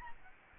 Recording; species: mosquito wingbeat signal from an infrared sensor; Aedes albopictus